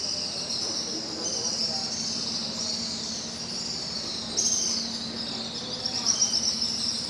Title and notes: Kolong Walet. Burung Walet yang bersarang di sudut-sudut beton bawah Jembatan Pasar Sentral Pangkajene